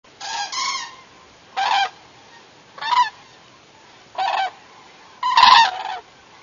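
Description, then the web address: Bird honking calls: five loud, harsh, nasal honks with quiet gaps between. "vogelstimmen song"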